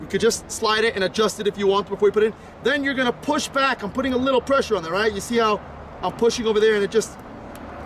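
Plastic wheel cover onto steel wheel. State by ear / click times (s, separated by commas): not seated / none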